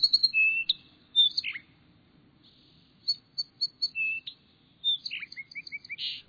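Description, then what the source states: Song Sparrow song: clear whistled notes and quick chirps in several phrases, with a pause after the first. Clear spring notes; a skulking bird that stays low, often hiding in brambles or brush piles, and nests on or near the ground.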